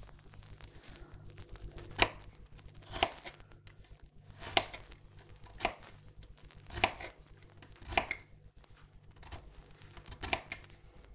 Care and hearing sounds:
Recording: household activities, microphone on the right wrist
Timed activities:
0.00-11.15 s: cutting vegetables

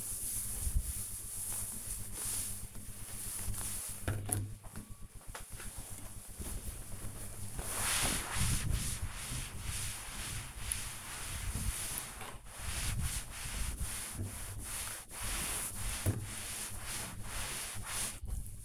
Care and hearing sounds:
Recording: household activities, microphone on the right wrist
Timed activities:
0.00-18.65 s: cleaning table

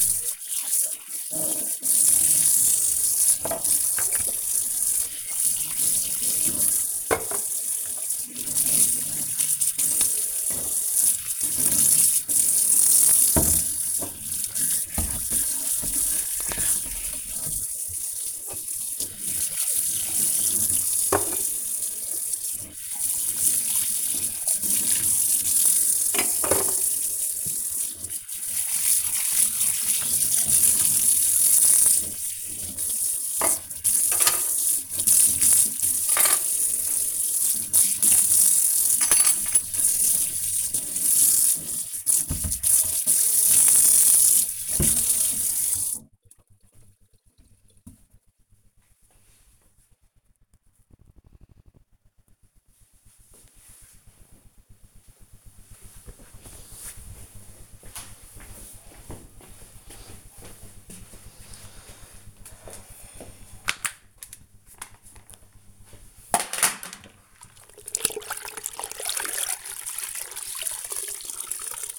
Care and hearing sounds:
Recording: household activities, microphone on the right wrist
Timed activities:
0.00-45.62 s: washing dishes
63.68-71.99 s: floor cleaning

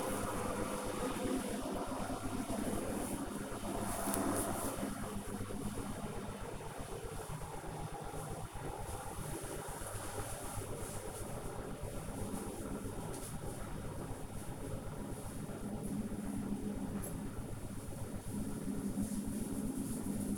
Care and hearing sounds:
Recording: household activities, microphone on the right wrist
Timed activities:
0.00-20.38 s: making tea

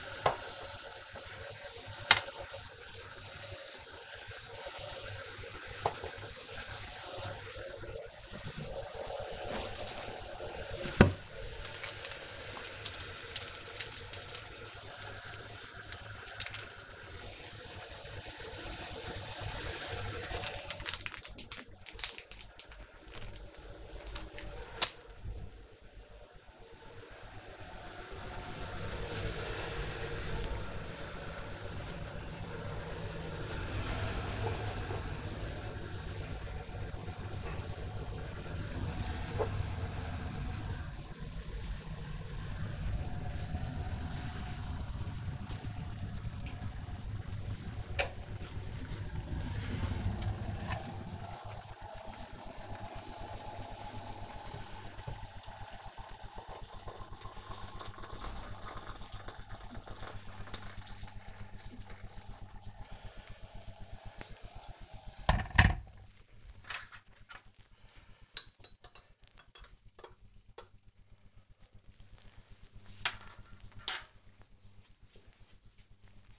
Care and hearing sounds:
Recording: household activities, microphone on the right wrist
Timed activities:
0.00-65.05 s: making tea

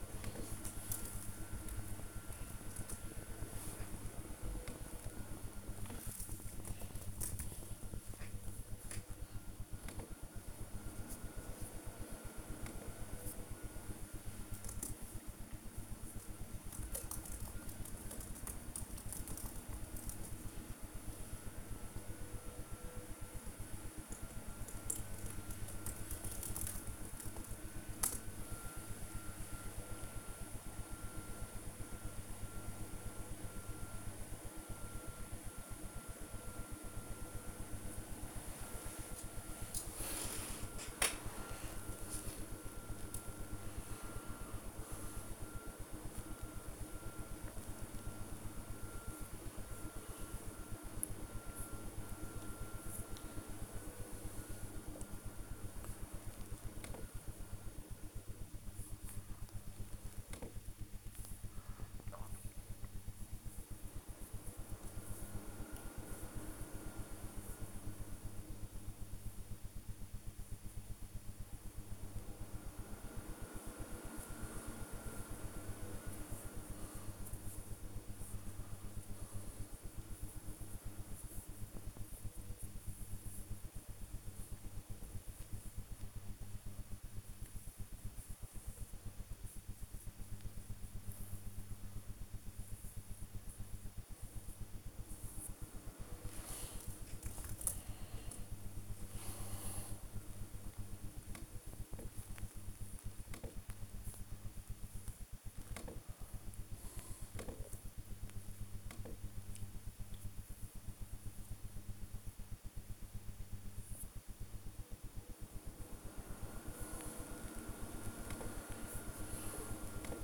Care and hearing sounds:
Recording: household activities, microphone on the right wrist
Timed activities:
0.00-120.23 s: working on the computer

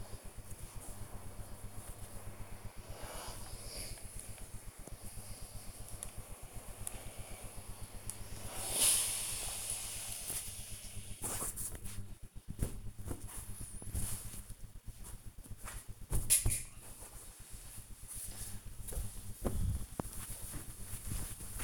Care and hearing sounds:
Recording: household activities, microphone on the right wrist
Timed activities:
0.00-21.31 s: ironing laundry

